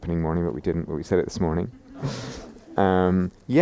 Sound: laughter

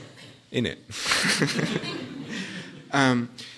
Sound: laughter

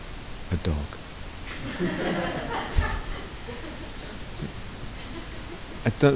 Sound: laughter

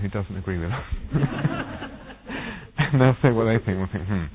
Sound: laughter

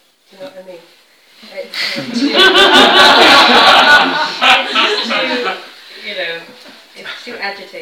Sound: laughter

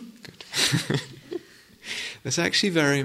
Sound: laughs

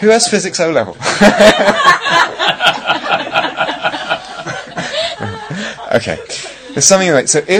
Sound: everyone laughs

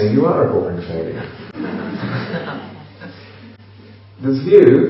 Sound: laughter

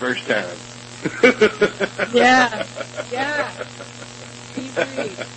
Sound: laughs

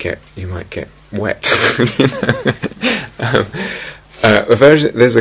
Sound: laughs

